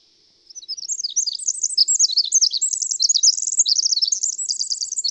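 Bird song: a fast, continuous jumble of high, twittering notes and short trills, rich and varied, starting after a brief silence and running steadily to the end.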